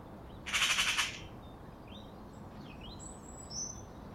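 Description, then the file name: Eurasian magpie chatter: one harsh, rattling burst of about six rapid notes lasting half a second, followed by faint thin calls from other birds. "Pica pica"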